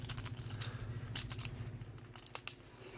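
A plastic part is worked into the joint of a Transformers Revenge of the Fallen Deluxe Dead End transforming toy figure, with small ticking and rattling handling sounds over a low steady hum. A sharp click at 2.5 s marks the part seating into place, where it stays.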